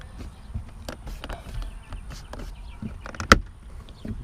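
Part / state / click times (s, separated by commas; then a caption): door handle trim panel clipping into car door card / seated / 1.2 s, 3.2 s, 3.3 s. A plastic door handle trim on a BMW 135i is lined up and pushed by hand back into the car's door panel. Its retaining clips click audibly at 1.2 s, 3.2 s and most loudly at 3.3 s, among quieter rustles and taps. The trim is seated firmly in place.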